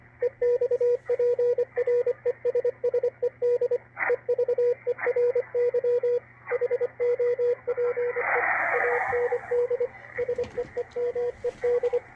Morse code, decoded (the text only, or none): EXPRESSED EVERY HOPE AND SEEMED